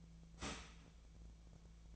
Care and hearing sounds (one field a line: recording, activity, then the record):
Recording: daily activity, microphone in the room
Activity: start toaster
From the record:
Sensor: 1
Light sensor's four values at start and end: 24/61/25/30 and 22/58/24/28